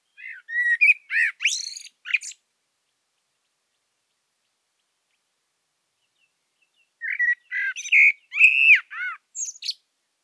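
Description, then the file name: Common blackbird song in two bursts separated by a long quiet gap, made of short, high, squeaky and chattering notes. "Turdus merula"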